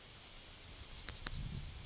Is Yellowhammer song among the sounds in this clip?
yes